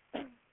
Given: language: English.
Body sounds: throat vibration sensor signal played as sound; cough

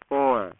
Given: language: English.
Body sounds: throat vibration sensor signal played as sound; speech

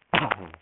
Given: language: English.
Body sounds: throat vibration sensor signal played as sound; cough

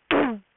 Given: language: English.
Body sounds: throat vibration sensor signal played as sound; throat clearing

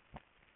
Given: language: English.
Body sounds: throat vibration sensor signal played as sound; swallow

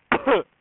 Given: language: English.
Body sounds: throat vibration sensor signal played as sound; cough

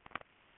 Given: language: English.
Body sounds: throat vibration sensor signal played as sound; swallow

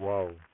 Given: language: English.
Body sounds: throat vibration sensor signal played as sound; speech

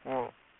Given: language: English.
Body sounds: throat vibration sensor signal played as sound; speech

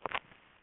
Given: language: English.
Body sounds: throat vibration sensor signal played as sound; swallow

